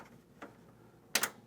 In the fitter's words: all right our toolbox locks into place